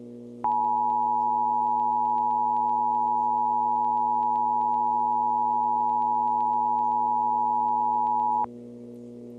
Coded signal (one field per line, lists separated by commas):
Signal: Emergency Alert System (SAME) tones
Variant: 853 and 960 Hz attention tone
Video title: EAS Scenario: Time is Ticking